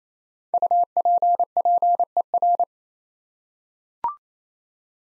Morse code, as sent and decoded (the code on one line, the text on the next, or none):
..- .--. .--. . .-.
UPPER